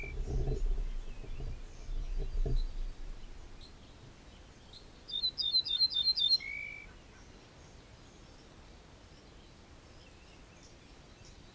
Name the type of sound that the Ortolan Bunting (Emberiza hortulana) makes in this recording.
song